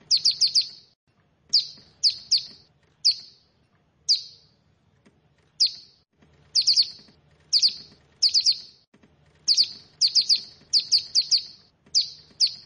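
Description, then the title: Prinia song: piercing high chips given singly or in short groups, repeated over and over with short pauses; a soft low hum in the background. "Ciblek Sawah"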